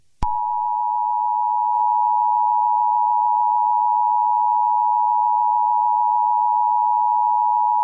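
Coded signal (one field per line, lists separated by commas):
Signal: Emergency Alert System (SAME) tones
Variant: 853 and 960 Hz attention tone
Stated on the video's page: Fictional EAS scenario about a Herobrine attack.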